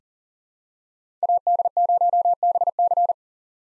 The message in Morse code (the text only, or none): AD0BC